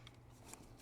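A door latch release cable on a 2015–2023 S550 Mustang is pulled and pressed into the slotted bracket on the door panel, with sharp snaps at 0.1 s and 0.5 s over a low steady hum. The cable is seated in the bracket.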